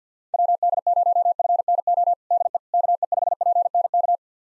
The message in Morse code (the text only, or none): WD0FNO DE KE5PNK